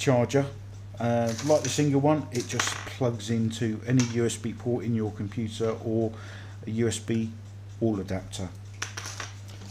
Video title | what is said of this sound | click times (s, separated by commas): Visou XS812GPS Review | will go into slide into there click into place and there is a on | 8.8 s